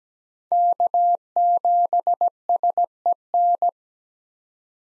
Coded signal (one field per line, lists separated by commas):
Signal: Morse code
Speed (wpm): 17 wpm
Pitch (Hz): 700 Hz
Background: none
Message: K7SEN